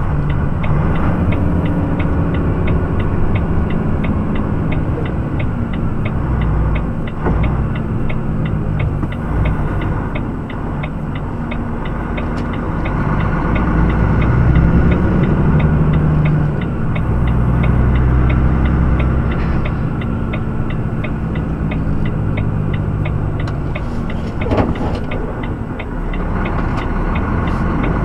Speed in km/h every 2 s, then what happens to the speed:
28, 27, 21, 17, 12, 9, 11, 13, 15, 16, 15, 10, 7, 10.
0-10 slows to 9. 10-17 speeds up to 16. 21-23 brakes to 7.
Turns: 18-28.